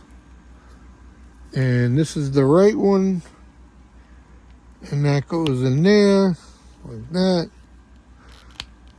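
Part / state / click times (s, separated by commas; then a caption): plastic accessory piece into an action figure body / seated / 8.6 s. Someone talks while pushing the right-side plastic accessory piece into its socket on a Masters of the Universe x Thundercats action figure body. A sharp snap at 8.6 s marks the piece seating in place.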